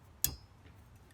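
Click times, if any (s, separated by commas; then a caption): 0.2 s. The plastic adapter clip of a new windshield wiper blade on a Dodge Neon is slid up onto the metal J-hook of the wiper arm until it locks in place. A single sharp click sounds at 0.2 s against a quiet background, confirming the blade is seated on the arm.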